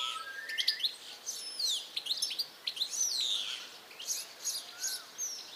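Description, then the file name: European goldfinch calls, scattered liquid chirps and slurred descending notes over a steady soft hiss, loosely spaced without a regular rhythm. "Carduelis carduelis"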